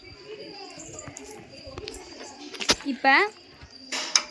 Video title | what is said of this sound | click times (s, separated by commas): 💥 இனி கை அறுவடை வேண்டாம்! - REAPER POWER - ⚡ வேகமான அறுவடை தொழில்நுட்பம் - SMART FARMING | இது பண்ணோம் அப்படின்னா லாக் ஆகிடும். | 4.2 s